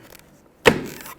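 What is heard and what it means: Side mirror glass on a 2006–2012 Toyota RAV4 is pressed at its corners onto the mirror motor backing plate until the remaining clips engage. After a few faint ticks, one loud snap lands at 0.7 s, followed by a short tail of low rustle. The glass is seated fully home and now firm.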